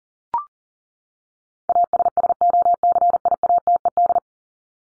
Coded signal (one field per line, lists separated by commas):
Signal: Morse code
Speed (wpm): 40 wpm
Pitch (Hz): 700 Hz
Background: none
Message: ASSOCIATED